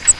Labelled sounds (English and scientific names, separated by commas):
Grace's Warbler (Setophaga graciae) flight call